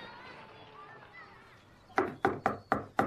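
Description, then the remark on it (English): After a couple of seconds of faint murmured voices, someone raps loudly on a front door: five sharp, hollow knocks in quick, slightly uneven succession. “Oh, why should I have to answer the front door?”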